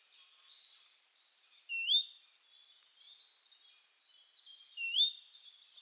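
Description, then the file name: Great tit calls: two clear phrases of a piercing high note followed by a rising squeaky slur, spaced about three seconds apart in quiet surroundings. "Parus major"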